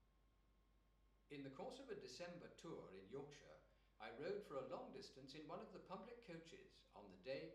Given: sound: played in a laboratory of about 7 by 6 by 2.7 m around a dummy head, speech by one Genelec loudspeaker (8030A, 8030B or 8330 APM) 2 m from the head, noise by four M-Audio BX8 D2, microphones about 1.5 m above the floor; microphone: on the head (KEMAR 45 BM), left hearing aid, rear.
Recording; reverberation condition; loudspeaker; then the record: male speech in English; medium; 120 degrees to the left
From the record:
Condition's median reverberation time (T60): about 510 ms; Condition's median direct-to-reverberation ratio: about -0.5 dB